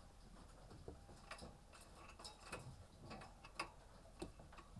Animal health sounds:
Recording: poultry house recording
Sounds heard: healthy chickens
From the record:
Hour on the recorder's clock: 18

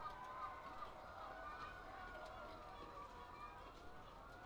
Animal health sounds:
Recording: poultry house recording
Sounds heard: healthy chickens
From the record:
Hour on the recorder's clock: 8

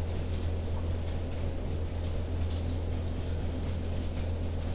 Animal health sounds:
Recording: poultry house recording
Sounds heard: healthy chickens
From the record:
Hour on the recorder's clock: 1

